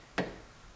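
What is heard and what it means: A click-type torque wrench tightens a bolt on the track kit mounting bracket of an Arctic Cat 1000 H2 side-by-side (UTV track system). A single sharp tick sounds at 0.2 s as the wrench reaches its setting, then fades into quiet background. The bolt is torqued.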